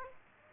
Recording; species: mosquito wingbeat signal from an infrared sensor; Aedes aegypti